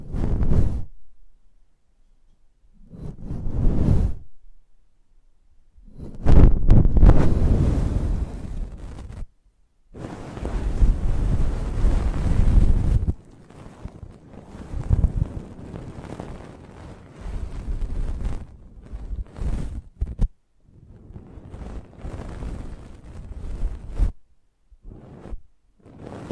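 Close-up microphone buffeting comes in irregular rumbling gusts, heavy and low, with brief silent gaps between bursts and a longer dense stretch midway.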